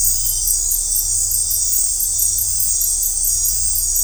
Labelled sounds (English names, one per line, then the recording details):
none
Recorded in dense forest near Puerto Asís, Putumayo, Colombia, on 15 December 2024 at 20:00
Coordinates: 0.503, -76.323
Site G043